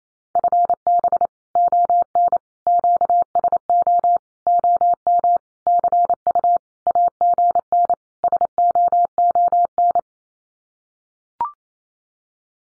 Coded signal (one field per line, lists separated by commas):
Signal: Morse code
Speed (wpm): 28 wpm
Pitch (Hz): 700 Hz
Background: none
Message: FB ON QSO OM CU AGN SOON